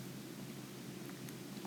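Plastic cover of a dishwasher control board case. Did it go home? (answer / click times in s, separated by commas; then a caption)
no / none. Someone folds the plastic top cover back onto a Bosch dishwasher's control circuit board case, handling it to press its clips in during a repair for water not getting hot. Steady low hum and broadband noise fill the clip, with faint rustling and one brief soft tap near 1.3 s. Nothing has seated or clicked in yet.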